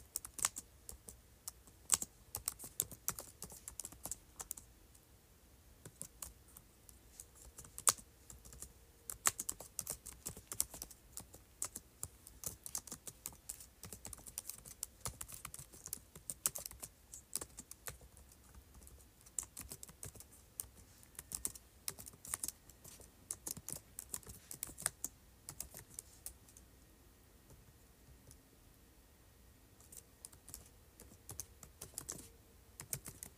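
Typing on a keyboard, with sharp, bright key clicks coming in quick, uneven bursts throughout. Dense runs of keystrokes alternate with brief pauses, and a few louder clacks stand out near 2, 8 and 17 seconds. A faint low hum sits underneath.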